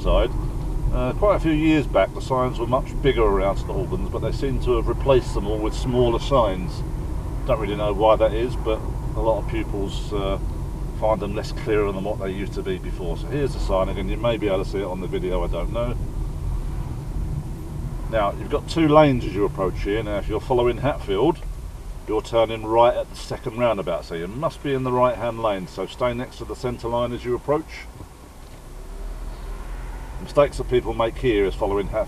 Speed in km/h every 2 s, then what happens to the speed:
27, 27, 26, 26, 24, 24, 23, 21, 15, 8, 2, 0, 0, 3, 8, 8.
0-13 steady at about 26. 13-20 slows to 2. 20-25 standing. 25-28 pulls away to 8.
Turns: none.